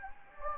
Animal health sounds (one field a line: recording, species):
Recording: mosquito wingbeat signal from an infrared sensor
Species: Anopheles gambiae